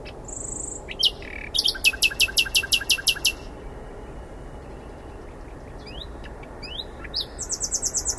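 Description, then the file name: Common nightingale song: a long run of loud, evenly repeated high notes, a pause with a few soft notes, then another rapid repeated series. "Luscinia megarhynchos"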